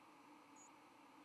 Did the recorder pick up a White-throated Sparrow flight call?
no